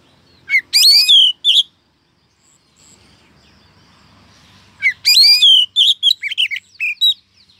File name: Suara Kacer Betina Memanggil Sang Jantan Agar Cepat Gacor